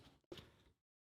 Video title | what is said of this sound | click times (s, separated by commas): ThreeZero DLX Scale Transformers Bumblebee Movie Optimus Prime Figure | pull that all the way down to get like two clicks and then you can really get that guy nice | 0.3 s, 0.4 s